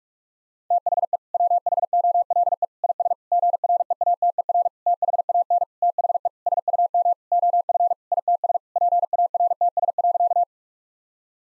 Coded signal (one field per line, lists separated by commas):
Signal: Morse code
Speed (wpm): 44 wpm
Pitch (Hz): 700 Hz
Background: none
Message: THE WHOLE IS GREATER THAN THE SUM OF ITS PARTS.